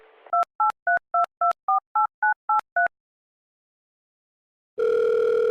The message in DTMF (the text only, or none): 2832248983